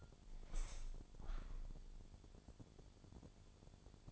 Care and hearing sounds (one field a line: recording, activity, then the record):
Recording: daily activity, microphone in the room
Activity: open window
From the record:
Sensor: 5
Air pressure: 1000.6 hPa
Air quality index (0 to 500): 155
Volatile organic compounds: 2 ppm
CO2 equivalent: 1189 ppm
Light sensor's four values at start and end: 39/93/39/42 and 39/93/39/42